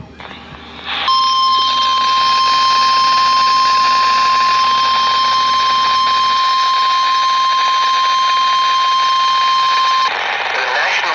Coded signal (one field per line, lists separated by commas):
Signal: Emergency Alert System (SAME) tones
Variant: 1050 Hz attention tone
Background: speech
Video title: TWO STATIONS, TWO CAMERAS, ONE TEST! NOAA Weather Radio EAS: Required Weekly Test (EAS #227-228)